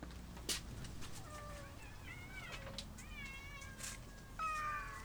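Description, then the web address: Cat meowing softly, a few short rising-and-falling mewing notes spread throughout, with faint clicks and low background hum. At feeding time; ambisonic recording, 3 December 2009. "Cat Feeding"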